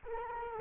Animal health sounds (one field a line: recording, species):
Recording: mosquito wingbeat signal from an infrared sensor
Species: Culex quinquefasciatus